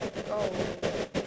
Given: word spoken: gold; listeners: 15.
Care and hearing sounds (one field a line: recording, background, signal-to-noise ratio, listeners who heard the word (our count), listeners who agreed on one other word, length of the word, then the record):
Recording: one English word in noise, from a listening test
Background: noise modulated by three-talker babble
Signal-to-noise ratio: -4.2 dB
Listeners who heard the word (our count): 5 of 15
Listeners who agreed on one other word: 8 of 15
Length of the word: 0.88 s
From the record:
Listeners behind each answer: 8, 5, 2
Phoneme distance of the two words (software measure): 7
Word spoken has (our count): 1 syllable, 4 phonemes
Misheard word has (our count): 1 syllable, 3 phonemes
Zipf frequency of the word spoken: 5.10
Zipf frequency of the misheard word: 5.79